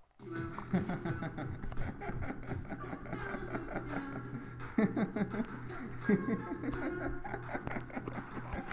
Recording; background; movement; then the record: laughter; music; sitting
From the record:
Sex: male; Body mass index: 22.0 kg/m2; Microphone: on the chest, facing the body